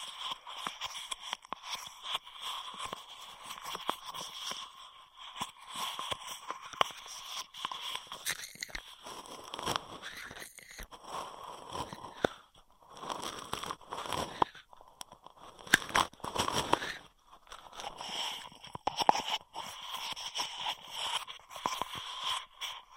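Crackly straw sounds: dense clusters of sharp plastic clicks, taps and crinkles with bright upper hiss. Activity comes in bursts with brief near-silent gaps, around 9, 12 and 15 seconds, and a louder rustling swell near 16 seconds. No voice is heard.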